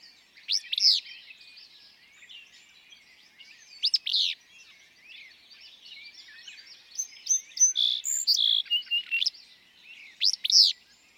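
Willow flycatcher song: quick sharp notes with a buzzy ending, repeated about three times over a background of varied chirps and whistles from other birds.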